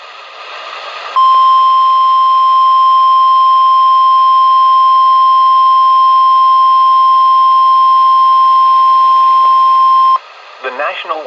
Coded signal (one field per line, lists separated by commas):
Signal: Emergency Alert System (SAME) tones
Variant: 1050 Hz attention tone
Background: speech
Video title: Severe Thunderstorm Warning (NOAA Weather Radio) 01-11-20 EAS#26